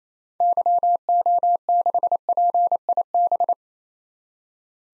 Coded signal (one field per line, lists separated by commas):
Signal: Morse code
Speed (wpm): 28 wpm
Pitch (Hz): 700 Hz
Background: none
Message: YO6PIB